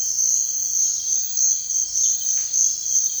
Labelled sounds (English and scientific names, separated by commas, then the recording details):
none
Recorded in dense forest near Puerto Asís, Putumayo, Colombia, on 26 December 2024 at 05:30
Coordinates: 0.468, -76.322
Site G071